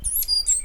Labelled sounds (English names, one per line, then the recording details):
Stitchbird song
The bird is a male
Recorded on Tiritiri Matangi Island, New Zealand, in 2005
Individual 8, of nest box 10